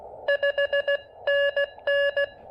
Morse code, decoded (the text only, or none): 5NN